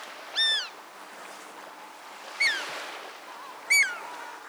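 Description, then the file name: Bonaparte's gull giving three separate short, raspy calls, each sharply arched and descending, spaced over a few seconds against steady background noise. "Bonapartes Gull - Chroicocephalus philadelphia"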